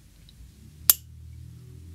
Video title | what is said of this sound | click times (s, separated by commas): AR-15 Pivot Pin Install - Easiest Way to Replace\Repair | and you can see the detent went into that channel and hear it as well so now | 0.9 s